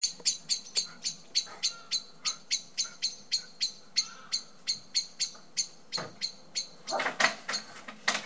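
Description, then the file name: Common blackbird repeating hard, clicking chinks at a quick, even pace, with a short rustling burst near the end. "Turdus merula"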